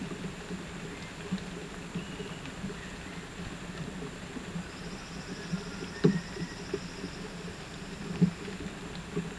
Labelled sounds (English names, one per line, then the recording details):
none
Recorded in pastures near Puerto Asís, Putumayo, Colombia, on 12 March 2025 at 08:30
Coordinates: 0.472, -76.329
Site G074